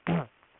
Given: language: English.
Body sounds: throat vibration sensor signal played as sound; throat clearing

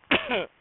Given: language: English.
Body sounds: throat vibration sensor signal played as sound; cough

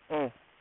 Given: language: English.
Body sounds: throat vibration sensor signal played as sound; speech

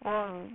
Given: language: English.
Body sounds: throat vibration sensor signal played as sound; speech

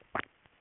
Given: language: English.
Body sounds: throat vibration sensor signal played as sound; swallow

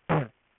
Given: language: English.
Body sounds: throat vibration sensor signal played as sound; throat clearing

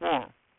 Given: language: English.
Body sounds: throat vibration sensor signal played as sound; speech

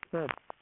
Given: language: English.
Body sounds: throat vibration sensor signal played as sound; speech

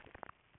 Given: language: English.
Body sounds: throat vibration sensor signal played as sound; swallow

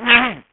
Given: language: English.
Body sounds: throat vibration sensor signal played as sound; throat clearing

